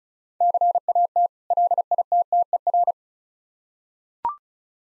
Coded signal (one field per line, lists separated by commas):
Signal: Morse code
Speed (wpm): 36 wpm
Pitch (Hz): 700 Hz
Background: none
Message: CAT LITTER